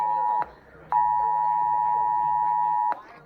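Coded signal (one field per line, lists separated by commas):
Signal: Emergency Alert System (SAME) tones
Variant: 853 and 960 Hz attention tone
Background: speech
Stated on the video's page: National Periodic Test EAS received on two FM stations and on a phone.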